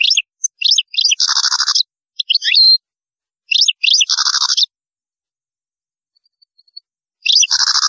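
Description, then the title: European goldfinch song: quick twittering phrases, several ending in a harsh, buzzy nasal trill, with short gaps between phrases. "Chant Chardonneret"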